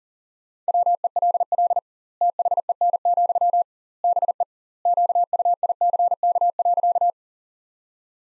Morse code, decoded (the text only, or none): WELL THEN, BE QUICK.